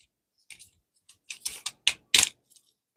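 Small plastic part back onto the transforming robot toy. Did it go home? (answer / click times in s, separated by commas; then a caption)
yes / 1.9 s, 2.1 s. A small plastic piece that had popped off a transforming robot toy car is pushed back on by hand. Soft plastic taps and rustles come first, then two sharp, loud snaps at 1.9 s and 2.1 s. The piece is seated back in place, going in easily.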